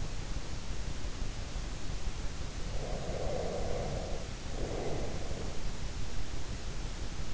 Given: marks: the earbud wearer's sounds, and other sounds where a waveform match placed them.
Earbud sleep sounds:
sounds in sleep by an in-ear microphone; breath
2.68-5.76 s: breath

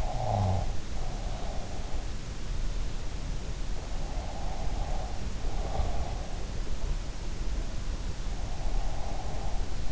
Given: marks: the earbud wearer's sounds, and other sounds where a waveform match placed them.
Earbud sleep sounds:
sounds in sleep by an in-ear microphone; breath
0.00-1.61 s: breath

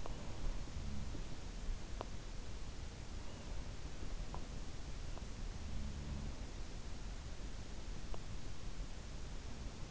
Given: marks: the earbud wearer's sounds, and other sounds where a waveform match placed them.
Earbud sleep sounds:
sounds in sleep by an in-ear microphone; teeth grinding
0.62-1.47 s: sound from someone else or the room
1.96-2.08 s: teeth grinding
5.61-6.39 s: sound from someone else or the room

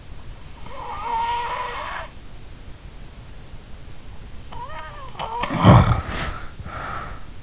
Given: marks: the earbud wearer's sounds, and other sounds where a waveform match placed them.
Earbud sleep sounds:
sounds in sleep by an in-ear microphone; snoring breath
0.54-2.14 s: snoring breath
4.43-7.21 s: snoring breath

